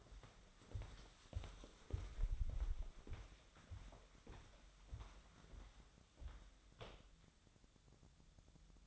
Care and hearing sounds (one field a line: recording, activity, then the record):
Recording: daily activity, microphone in the room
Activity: walk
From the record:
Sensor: 3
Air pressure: 1015.3 hPa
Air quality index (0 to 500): 124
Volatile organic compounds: 5 ppm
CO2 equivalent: 1757 ppm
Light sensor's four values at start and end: 15/40/16/17 and 15/39/15/17